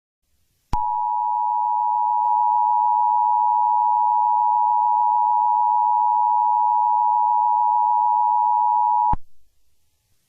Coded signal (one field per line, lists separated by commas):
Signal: Emergency Alert System (SAME) tones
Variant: 853 and 960 Hz attention tone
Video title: TORNADO - a mini series EAS scenario [NON CANON]